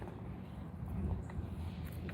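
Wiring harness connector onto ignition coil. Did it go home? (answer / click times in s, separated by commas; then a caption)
no / none. A plastic electrical wiring harness connector with a red locking tab is handled as it is pushed toward an ignition coil on the 3.5L engine of a 2013 Ford Edge during a spark plug replacement. Only faint handling ticks sound over a steady low rumble. Nothing has seated or clicked yet; the clip ends just before the connector goes home.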